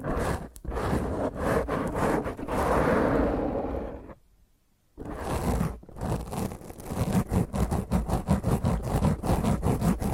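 Fingernails scratch roughly across a microphone, making a dense, harsh scraping noise with rapid strokes and crackling bursts. The scratching stops for nearly a second just after four seconds, then resumes with quicker, rhythmic rasping through to the end.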